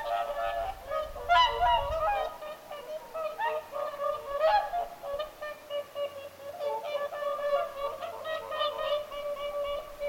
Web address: paivat 6 11 2025 laulujoutsenten aantelya lintulahdella